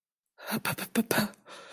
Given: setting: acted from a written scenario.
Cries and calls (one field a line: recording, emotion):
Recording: vocal sound without words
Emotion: pain